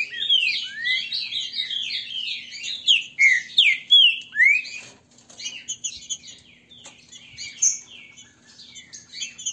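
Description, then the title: Green-winged saltator song: dense warbled phrases of slurred whistles, loudest in the middle, then scattered sharper chirps toward the end. Trinca-ferro singing and 'macheando', a male-style song. "Canto De Trinca Ferro. TRINCA FERRO cantando e macheando"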